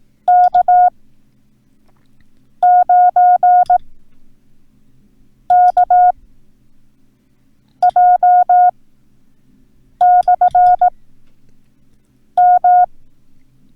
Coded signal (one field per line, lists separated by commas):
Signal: Morse code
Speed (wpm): 18 wpm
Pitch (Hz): 720 Hz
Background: none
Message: K9KJ/M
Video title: Learn Morse Code - Punctuation